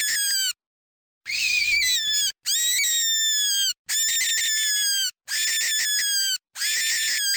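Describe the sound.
Bird giving loud, raspy distress screams with rich harmonics, each lasting about a second and dropping slightly in pitch, six calls separated by brief pauses.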